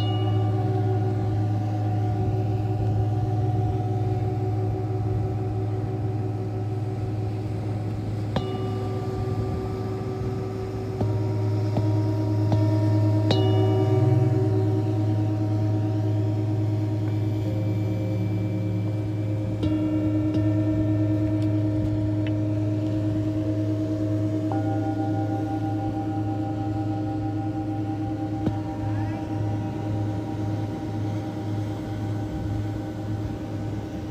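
A live sound healing session on a beach, with long ringing bowl and gong tones layered over a steady low rumble. New tones are struck every few seconds, around 8, 11, 13, 20, 25 and 28 seconds, each one sustaining and overlapping the others.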